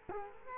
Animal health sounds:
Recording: mosquito wingbeat signal from an infrared sensor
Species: Culex quinquefasciatus

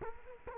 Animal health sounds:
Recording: mosquito wingbeat signal from an infrared sensor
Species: Culex quinquefasciatus

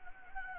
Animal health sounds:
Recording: mosquito wingbeat signal from an infrared sensor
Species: Anopheles gambiae

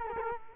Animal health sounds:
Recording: mosquito wingbeat signal from an infrared sensor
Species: Culex quinquefasciatus

